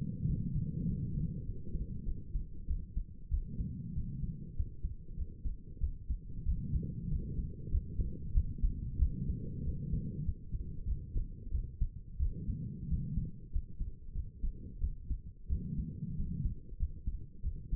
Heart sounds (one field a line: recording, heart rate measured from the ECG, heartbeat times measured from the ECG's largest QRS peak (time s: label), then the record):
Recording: heart sounds by stethoscope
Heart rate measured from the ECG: 94 bpm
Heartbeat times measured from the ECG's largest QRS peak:
0.27 s: heartbeat
0.87 s: heartbeat
1.46 s: heartbeat
2.06 s: heartbeat
2.68 s: heartbeat
3.31 s: heartbeat
3.95 s: heartbeat
4.56 s: heartbeat
5.17 s: heartbeat
5.81 s: heartbeat
6.46 s: heartbeat
7.10 s: heartbeat
7.71 s: heartbeat
8.34 s: heartbeat
8.99 s: heartbeat
9.64 s: heartbeat
10.25 s: heartbeat
10.86 s: heartbeat
11.52 s: heartbeat
12.19 s: heartbeat
12.89 s: heartbeat
13.52 s: heartbeat
14.14 s: heartbeat
14.81 s: heartbeat
15.49 s: heartbeat
16.17 s: heartbeat
16.79 s: heartbeat
17.43 s: heartbeat
From the record:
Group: healthy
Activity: rest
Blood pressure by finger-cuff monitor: 106/64 mmHg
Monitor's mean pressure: 75 mmHg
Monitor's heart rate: 96 bpm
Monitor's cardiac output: 7.7 L/min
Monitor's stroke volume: 81 mL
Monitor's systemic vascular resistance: 690 dyn s/cm5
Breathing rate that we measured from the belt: 19 breaths a minute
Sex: female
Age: 22 years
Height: 163 cm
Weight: 67.1 kg